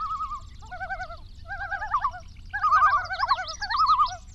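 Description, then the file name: Common Loons calling in quavering, laughing tremolo bursts, several birds overlapping. Several Common Loons in Wisconsin, dated 28 August 2006. "OMV-08-28-06-Wisconsin Common Loons"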